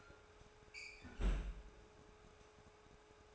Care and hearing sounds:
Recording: daily activity, microphone in the room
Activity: close fridge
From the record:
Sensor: 2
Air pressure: 1004.5 hPa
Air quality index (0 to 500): 184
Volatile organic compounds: 10 ppm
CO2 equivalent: 2216 ppm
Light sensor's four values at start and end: 4/11/4/4 and 4/11/4/4

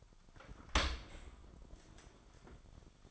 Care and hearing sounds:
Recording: daily activity, microphone in the room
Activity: open dishwasher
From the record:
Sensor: 5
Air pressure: 1003.2 hPa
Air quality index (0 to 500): 132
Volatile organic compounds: 1 ppm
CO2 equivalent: 967 ppm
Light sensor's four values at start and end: 84/206/85/96 and 80/194/80/91

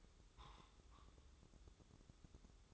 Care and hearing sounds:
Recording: daily activity, microphone in the room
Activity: take from stove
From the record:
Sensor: 3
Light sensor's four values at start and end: 26/79/33/28 and 26/79/33/28

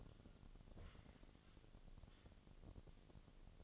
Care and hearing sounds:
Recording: daily activity, microphone in the room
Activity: sweep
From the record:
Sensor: 4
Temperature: 28.5 degrees Celsius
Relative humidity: 34.1%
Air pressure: 1007.8 hPa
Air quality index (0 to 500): 192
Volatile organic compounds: 6 ppm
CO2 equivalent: 1922 ppm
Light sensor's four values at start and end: 23/72/27/26 and 23/72/27/26

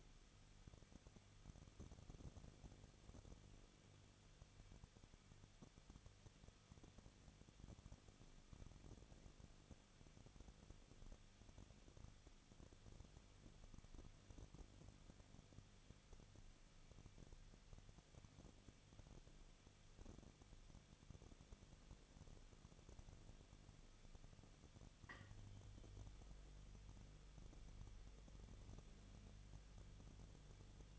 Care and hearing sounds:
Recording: daily activity, microphone in the room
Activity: no activity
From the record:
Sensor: 4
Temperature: 23.1 degrees Celsius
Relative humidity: 34.3%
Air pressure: 1007.2 hPa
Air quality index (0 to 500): 214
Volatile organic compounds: 14 ppm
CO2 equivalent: 2475 ppm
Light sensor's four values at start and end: 2/3/1/1 and 2/3/1/1

